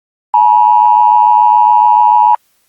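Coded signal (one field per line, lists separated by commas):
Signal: Emergency Alert System (SAME) tones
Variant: 853 and 960 Hz attention tone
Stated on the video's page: Fictional simulated EAS alert about an alien invasion.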